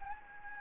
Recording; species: mosquito wingbeat signal from an infrared sensor; Anopheles gambiae